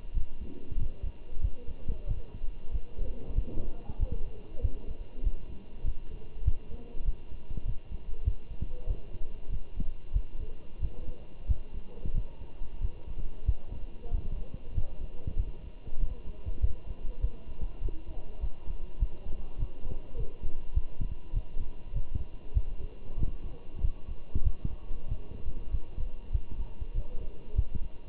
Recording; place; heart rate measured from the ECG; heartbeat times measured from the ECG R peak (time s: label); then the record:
heart sounds by stethoscope; between the tricuspid and mitral areas; 96 bpm
0.14 s: heartbeat
0.79 s: heartbeat
1.42 s: heartbeat
2.08 s: heartbeat
2.72 s: heartbeat
3.36 s: heartbeat
4.00 s: heartbeat
4.62 s: heartbeat
5.24 s: heartbeat
5.85 s: heartbeat
6.45 s: heartbeat
7.05 s: heartbeat
7.66 s: heartbeat
8.25 s: heartbeat
8.88 s: heartbeat
9.51 s: heartbeat
10.14 s: heartbeat
10.81 s: heartbeat
11.48 s: heartbeat
12.15 s: heartbeat
12.81 s: heartbeat
13.46 s: heartbeat
14.12 s: heartbeat
14.75 s: heartbeat
15.38 s: heartbeat
16.00 s: heartbeat
16.62 s: heartbeat
17.22 s: heartbeat
17.82 s: heartbeat
18.41 s: heartbeat
19.00 s: heartbeat
19.59 s: heartbeat
20.17 s: heartbeat
20.75 s: heartbeat
21.34 s: heartbeat
21.94 s: heartbeat
22.54 s: heartbeat
23.18 s: heartbeat
23.82 s: heartbeat
24.44 s: heartbeat
25.08 s: heartbeat
25.72 s: heartbeat
26.33 s: heartbeat
26.95 s: heartbeat
27.56 s: heartbeat
From the record:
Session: walking at 3.7 km/h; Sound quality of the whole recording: good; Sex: male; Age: 23 years